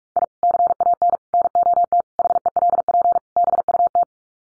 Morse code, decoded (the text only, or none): I CAN NOT HELP BUT